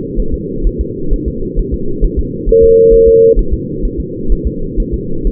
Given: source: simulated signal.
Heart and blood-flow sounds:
fetal heart sounds
0.20 s: S1
0.34 s: S2
0.67 s: S1
0.81 s: S2
1.13 s: S1
1.28 s: S2
1.59 s: S1
1.74 s: S2
2.05 s: S1
2.19 s: S2
2.49 s: S1
2.64 s: S2
2.94 s: S1
3.08 s: S2
3.39 s: S1
3.53 s: S2
3.85 s: S1
4.00 s: S2
4.32 s: S1
4.47 s: S2
4.80 s: S1
4.94 s: S2
5.27 s: S1
From the record:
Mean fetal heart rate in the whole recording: 130 bpm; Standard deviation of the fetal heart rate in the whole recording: 4 bpm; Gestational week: 38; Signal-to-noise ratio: -8.1 dB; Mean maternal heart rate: 72 bpm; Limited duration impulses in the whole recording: present

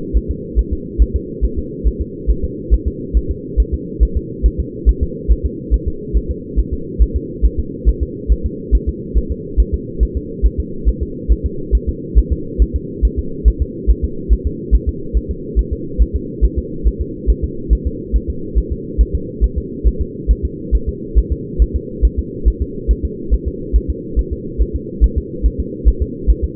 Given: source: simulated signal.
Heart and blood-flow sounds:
fetal heart sounds
0.17 s: S1
0.31 s: S2
0.59 s: S1
0.73 s: S2
1.02 s: S1
1.16 s: S2
1.44 s: S1
1.58 s: S2
1.87 s: S1
2.01 s: S2
2.30 s: S1
2.44 s: S2
2.74 s: S1
2.88 s: S2
3.17 s: S1
3.31 s: S2
3.60 s: S1
3.74 s: S2
4.03 s: S1
4.17 s: S2
4.46 s: S1
4.60 s: S2
4.89 s: S1
5.03 s: S2
5.32 s: S1
5.46 s: S2
5.74 s: S1
5.88 s: S2
6.17 s: S1
6.31 s: S2
6.59 s: S1
6.73 s: S2
7.02 s: S1
7.16 s: S2
7.45 s: S1
7.59 s: S2
7.89 s: S1
8.03 s: S2
8.32 s: S1
8.46 s: S2
8.75 s: S1
8.89 s: S2
9.18 s: S1
9.32 s: S2
9.60 s: S1
9.74 s: S2
10.03 s: S1
10.17 s: S2
10.46 s: S1
10.60 s: S2
10.89 s: S1
11.03 s: S2
11.32 s: S1
11.46 s: S2
11.75 s: S1
11.89 s: S2
12.18 s: S1
12.32 s: S2
12.62 s: S1
12.76 s: S2
13.05 s: S1
13.19 s: S2
13.48 s: S1
13.62 s: S2
13.90 s: S1
14.04 s: S2
14.33 s: S1
14.47 s: S2
14.75 s: S1
14.89 s: S2
15.17 s: S1
15.31 s: S2
15.59 s: S1
15.73 s: S2
16.02 s: S1
16.16 s: S2
16.45 s: S1
16.59 s: S2
16.87 s: S1
17.01 s: S2
17.30 s: S1
17.44 s: S2
17.73 s: S1
17.87 s: S2
18.16 s: S1
18.30 s: S2
18.58 s: S1
18.72 s: S2
19.01 s: S1
19.15 s: S2
19.44 s: S1
19.58 s: S2
19.88 s: S1
20.01 s: S2
20.31 s: S1
20.45 s: S2
20.75 s: S1
20.89 s: S2
21.18 s: S1
21.32 s: S2
21.62 s: S1
21.76 s: S2
22.05 s: S1
22.19 s: S2
22.48 s: S1
22.62 s: S2
22.91 s: S1
23.05 s: S2
23.34 s: S1
23.48 s: S2
23.76 s: S1
23.90 s: S2
24.19 s: S1
24.33 s: S2
24.62 s: S1
24.76 s: S2
25.04 s: S1
25.18 s: S2
25.46 s: S1
25.60 s: S2
25.88 s: S1
26.02 s: S2
26.30 s: S1
26.44 s: S2
From the record:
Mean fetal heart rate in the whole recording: 140 bpm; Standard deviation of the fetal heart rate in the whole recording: 2 bpm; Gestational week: 34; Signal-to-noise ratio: -4.3 dB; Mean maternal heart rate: 72 bpm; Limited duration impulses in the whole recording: absent

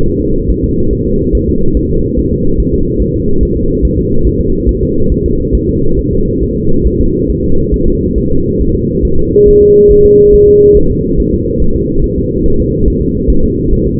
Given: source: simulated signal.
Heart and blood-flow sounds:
fetal heart sounds
0.08 s: S1
0.22 s: S2
0.50 s: S1
0.64 s: S2
0.93 s: S1
1.07 s: S2
1.35 s: S1
1.49 s: S2
1.77 s: S1
1.91 s: S2
2.19 s: S1
2.33 s: S2
2.60 s: S1
2.74 s: S2
3.02 s: S1
3.16 s: S2
3.43 s: S1
3.57 s: S2
3.85 s: S1
3.99 s: S2
4.27 s: S1
4.41 s: S2
4.69 s: S1
4.83 s: S2
5.12 s: S1
5.26 s: S2
5.55 s: S1
5.69 s: S2
5.99 s: S1
6.13 s: S2
6.43 s: S1
6.57 s: S2
6.87 s: S1
7.00 s: S2
7.30 s: S1
7.44 s: S2
7.74 s: S1
7.88 s: S2
8.18 s: S1
8.32 s: S2
8.61 s: S1
8.75 s: S2
9.05 s: S1
9.19 s: S2
9.48 s: S1
9.62 s: S2
9.91 s: S1
10.06 s: S2
10.34 s: S1
10.49 s: S2
10.77 s: S1
10.91 s: S2
11.20 s: S1
11.34 s: S2
11.62 s: S1
11.76 s: S2
12.04 s: S1
12.18 s: S2
12.46 s: S1
12.60 s: S2
12.88 s: S1
13.02 s: S2
13.30 s: S1
13.44 s: S2
13.73 s: S1
13.87 s: S2
From the record:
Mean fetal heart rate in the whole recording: 140 bpm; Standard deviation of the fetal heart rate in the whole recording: 2 bpm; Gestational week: 34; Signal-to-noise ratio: -17.7 dB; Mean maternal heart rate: 72 bpm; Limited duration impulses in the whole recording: present

